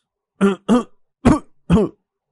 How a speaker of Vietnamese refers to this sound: Triệu Ngọc bật lửa, đốt thuốc, nhưng chỉ mới hút một hơi, hắn đã phải ho sặc sụa.